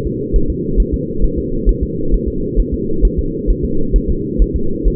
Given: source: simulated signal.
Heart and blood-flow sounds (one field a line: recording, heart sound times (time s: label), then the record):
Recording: fetal heart sounds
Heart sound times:
0.07 s: S2
0.36 s: S1
0.50 s: S2
0.80 s: S1
0.94 s: S2
1.24 s: S1
1.38 s: S2
1.69 s: S1
1.83 s: S2
2.14 s: S1
2.28 s: S2
2.60 s: S1
2.74 s: S2
3.05 s: S1
3.19 s: S2
3.50 s: S1
3.64 s: S2
3.96 s: S1
4.10 s: S2
4.42 s: S1
4.56 s: S2
4.88 s: S1
From the record:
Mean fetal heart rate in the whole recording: 135 bpm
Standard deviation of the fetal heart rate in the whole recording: 3 bpm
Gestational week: 36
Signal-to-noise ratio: -8.1 dB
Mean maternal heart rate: 72 bpm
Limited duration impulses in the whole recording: present